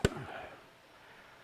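A click-type torque wrench set to 50 lb-ft is pulled on a torque calibration meter until it breaks over, giving one sharp click at 0.1 s. A short ringing tail fades into quiet background noise. The meter reads a peak of 48.1.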